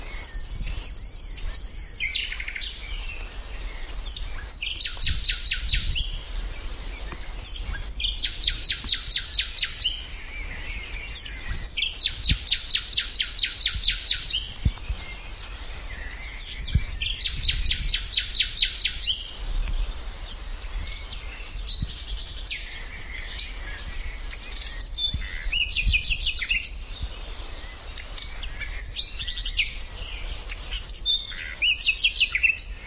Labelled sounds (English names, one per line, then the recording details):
Common Nightingale song
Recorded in the wild
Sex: male
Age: adult
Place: Lübars, Berlin, DE
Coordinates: 52.6172, 13.3619
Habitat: wood
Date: 2007-05-06 12:45
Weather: sunny, ca. 20°C
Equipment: Sony WM-D6C, Sennheiser ME 80
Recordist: Tembrock, Günter